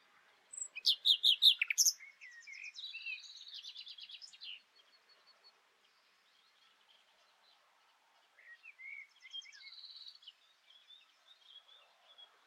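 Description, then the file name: Common nightingale song with loud rattling notes, a buzzy trill, then quieter varied twitters and a second trilled phrase after a pause. "Luscinia megarhynchos"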